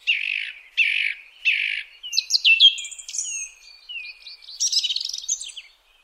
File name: songthrush